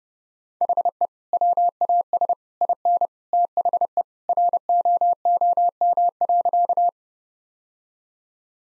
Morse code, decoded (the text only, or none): HE WAS IN THE ROOM.